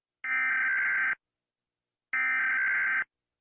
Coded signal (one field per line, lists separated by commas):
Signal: Emergency Alert System (SAME) tones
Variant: header bursts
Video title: rating Eas Alarms from all different countries (also my edits and cringe and I remade the vid)